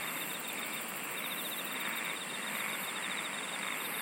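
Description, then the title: Insects trilling steadily: a fast pulsed buzz runs throughout with gentle swells, above a constant high whine and hiss. "SINGING OF INSECTS"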